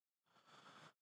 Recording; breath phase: one breath near a microphone; inhalation